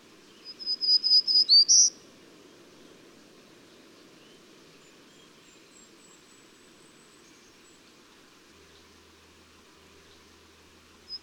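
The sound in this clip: Bird song: one quick phrase of high, evenly spaced notes ending in a rising note, then a long stretch of low background hiss.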